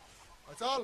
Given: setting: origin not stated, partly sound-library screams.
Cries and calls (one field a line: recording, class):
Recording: one-second piece from a danger detection set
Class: normal situation